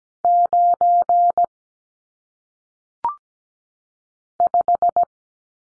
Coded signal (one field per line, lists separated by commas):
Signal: Morse code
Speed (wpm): 17 wpm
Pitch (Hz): 700 Hz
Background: none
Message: 9 5